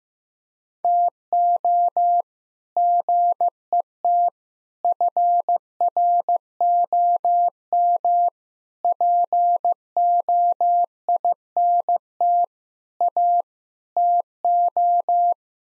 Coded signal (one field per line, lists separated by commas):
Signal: Morse code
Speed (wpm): 15 wpm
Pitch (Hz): 700 Hz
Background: none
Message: TO GET FROM POINT A TO